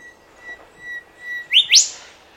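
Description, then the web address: Bird call: a long, thin, steady whistle, then two quick upward-sweeping chirps in rapid succession near the end. Australian bird, species unknown. "Sound Effects-Foundation 1 BIRD AUSTRALIAN UNKNOWN CALL"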